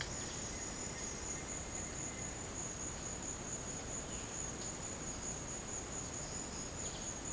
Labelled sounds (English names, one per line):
none